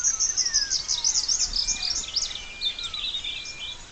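Splendid fairywren song: a continuous, bright, very high trill with rapid pitch wobbles, and faint whistles from other birds beneath.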